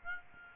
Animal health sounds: mosquito wingbeat signal from an infrared sensor; Aedes aegypti

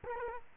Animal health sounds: mosquito wingbeat signal from an infrared sensor; Culex quinquefasciatus

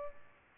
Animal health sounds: mosquito wingbeat signal from an infrared sensor; Culex pipiens

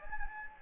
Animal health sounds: mosquito wingbeat signal from an infrared sensor; Anopheles gambiae

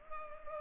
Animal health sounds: mosquito wingbeat signal from an infrared sensor; Culex pipiens

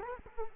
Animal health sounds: mosquito wingbeat signal from an infrared sensor; Culex quinquefasciatus

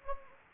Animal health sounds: mosquito wingbeat signal from an infrared sensor; Anopheles gambiae

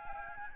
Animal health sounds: mosquito wingbeat signal from an infrared sensor; Aedes albopictus

